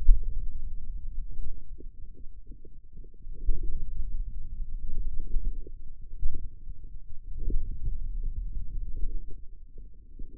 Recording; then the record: forearm muscle sounds (acoustic myography)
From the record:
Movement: pen grasping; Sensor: system 2, bracelet of six BSWA MPA416 microphones around the upper forearm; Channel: 6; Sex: male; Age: 22 years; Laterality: right